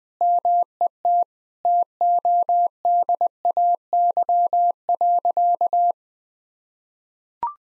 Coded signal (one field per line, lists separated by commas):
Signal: Morse code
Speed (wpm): 20 wpm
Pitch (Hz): 700 Hz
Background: none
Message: MET TODAY.